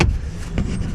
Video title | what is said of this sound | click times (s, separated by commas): How to remove your RADIO on your 2011 to 2017 Jeep Wrangler in under 7 minutes | cover goes on you line two brackets up it pivots upward snaps back in and | 0.0 s